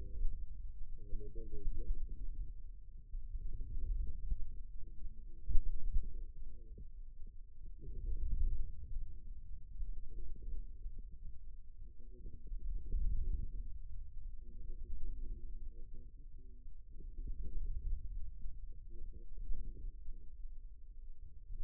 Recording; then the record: forearm muscle sounds (acoustic myography)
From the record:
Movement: wrist flexion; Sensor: system 2, bracelet of six BSWA MPA416 microphones around the upper forearm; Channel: 3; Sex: male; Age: 22 years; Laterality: right